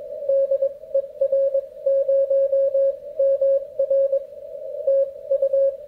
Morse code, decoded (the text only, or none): DE R0MR TU